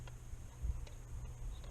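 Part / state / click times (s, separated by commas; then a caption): plastic weatherproof cover onto GFI outlet box / not seated / none. A plastic weatherproof cover is gently lined up on a GFI outlet box, with its hinge pin eased into place carefully so the tabs don't break. Three faint, brief ticks come at about 0.1, 0.9 and 1.6 seconds over a steady low hum. Nothing has seated or clicked yet.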